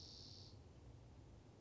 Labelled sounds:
Spotted Towhee (Pipilo maculatus)
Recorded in Sonoma County, California

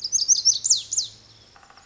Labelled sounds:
Lazuli Bunting (Passerina amoena)
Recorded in Sonoma County, California

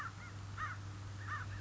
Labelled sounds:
American Crow (Corvus brachyrhynchos)
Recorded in Sonoma County, California

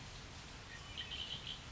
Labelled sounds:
Red-winged Blackbird (Agelaius phoeniceus)
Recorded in Sonoma County, California

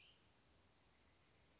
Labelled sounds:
Cassin's Vireo (Vireo cassinii)
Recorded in Sonoma County, California

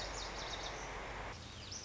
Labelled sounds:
Lazuli Bunting (Passerina amoena)
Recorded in Sonoma County, California

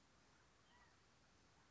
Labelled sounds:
California Quail (Callipepla californica)
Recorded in Sonoma County, California

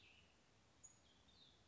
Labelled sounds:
Cassin's Vireo (Vireo cassinii)
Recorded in Sonoma County, California

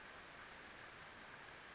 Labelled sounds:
Western Flycatcher (Empidonax difficilis)
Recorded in Sonoma County, California

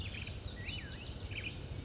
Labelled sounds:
Bewick's Wren (Thryomanes bewickii)
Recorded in Sonoma County, California

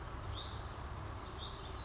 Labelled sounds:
Hutton's Vireo (Vireo huttoni)
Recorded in Sonoma County, California

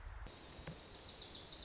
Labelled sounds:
Wilson's Warbler (Cardellina pusilla)
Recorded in Sonoma County, California

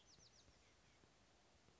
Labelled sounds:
Bewick's Wren (Thryomanes bewickii)
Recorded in Sonoma County, California

